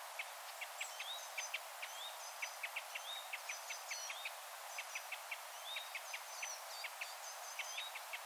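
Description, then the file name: Parrot crossbill giving a rapid series of short, sharp clipped call notes, often in quick pairs or triplets, over a steady background hiss. "kiefernkreuzschnabel"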